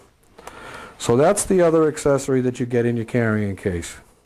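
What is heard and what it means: A sampling accessory from the carrying case is handled near a portable gas detector unit while someone talks. A few faint ticks occur early, near 0.2 to 0.5 seconds. The clip ends before the accessory goes home, so nothing has seated or clicked yet.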